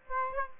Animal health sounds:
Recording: mosquito wingbeat signal from an infrared sensor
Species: Aedes aegypti

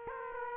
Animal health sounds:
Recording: mosquito wingbeat signal from an infrared sensor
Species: Aedes aegypti

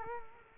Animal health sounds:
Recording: mosquito wingbeat signal from an infrared sensor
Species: Culex quinquefasciatus

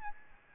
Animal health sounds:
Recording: mosquito wingbeat signal from an infrared sensor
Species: Aedes albopictus

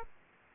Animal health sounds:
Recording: mosquito wingbeat signal from an infrared sensor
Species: Aedes aegypti

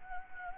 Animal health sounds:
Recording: mosquito wingbeat signal from an infrared sensor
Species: Anopheles gambiae

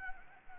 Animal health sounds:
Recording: mosquito wingbeat signal from an infrared sensor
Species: Anopheles arabiensis

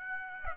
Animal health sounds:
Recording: mosquito wingbeat signal from an infrared sensor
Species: Aedes aegypti

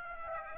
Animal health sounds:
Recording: mosquito wingbeat signal from an infrared sensor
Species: Aedes aegypti

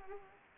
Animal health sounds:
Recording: mosquito wingbeat signal from an infrared sensor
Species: Anopheles arabiensis

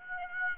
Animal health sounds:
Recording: mosquito wingbeat signal from an infrared sensor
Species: Aedes aegypti

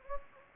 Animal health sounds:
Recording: mosquito wingbeat signal from an infrared sensor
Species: Anopheles gambiae

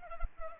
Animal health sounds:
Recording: mosquito wingbeat signal from an infrared sensor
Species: Culex pipiens

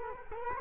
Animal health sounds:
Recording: mosquito wingbeat signal from an infrared sensor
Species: Culex quinquefasciatus

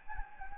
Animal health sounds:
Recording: mosquito wingbeat signal from an infrared sensor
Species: Anopheles gambiae

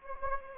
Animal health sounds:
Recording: mosquito wingbeat signal from an infrared sensor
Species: Anopheles gambiae

